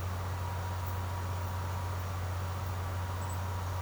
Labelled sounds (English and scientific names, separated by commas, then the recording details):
none
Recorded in secondary vegetation near Puerto Asís, Putumayo, Colombia, on 24 March 2025 at 12:00
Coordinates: 0.468, -76.324
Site G059